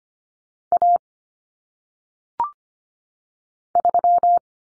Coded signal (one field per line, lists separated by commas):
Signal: Morse code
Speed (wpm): 25 wpm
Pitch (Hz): 700 Hz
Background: none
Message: A 3